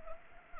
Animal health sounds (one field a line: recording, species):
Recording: mosquito wingbeat signal from an infrared sensor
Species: Anopheles arabiensis